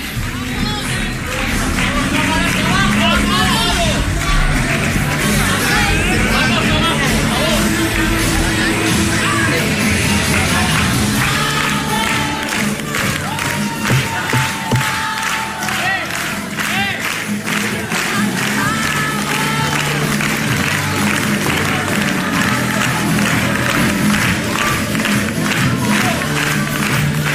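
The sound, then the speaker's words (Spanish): A large crowd at the Hotel Reina Petronila applauds and cheers loudly for nearly half a minute as Jorge Ozcón arrives on the night of the 2026 Aragón elections, dense clapping rolling steadily beneath scattered shouts and yells, with the clapping growing sharper and more rhythmic toward the end. “Pues muchos aplausos, pero de momento Ozcón levantando las manos sin hablar, lo que nos pasa durante toda la noche, que entre el momento que hablan y el momento que toman la palabra, pues hay tiempo para los vítores, para las fotos, para las sonrisas”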